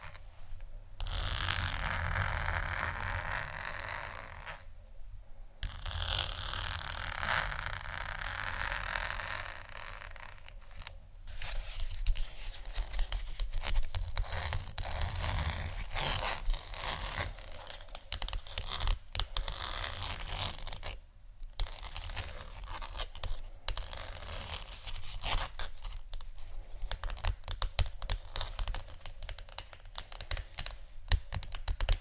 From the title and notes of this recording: ASMR For Sleep (tapping, Scratching, Scratchy Tapping) No Talking.